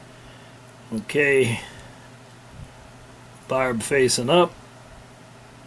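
A crimped wire terminal pin is handled with its barb facing up, ready to go into the plastic connector housing of a Flywing FW 450 V3 GPS cable, while someone talks over a steady low background hum. Nothing has seated or clicked yet; the pin is not yet home when the clip ends.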